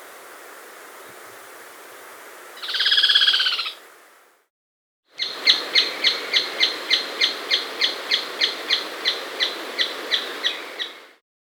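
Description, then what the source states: Striped treehunter giving one harsh, hissing note, then after a brief pause a rapid, steady series of many dry, clipped notes, about three each second. Recorded in South America.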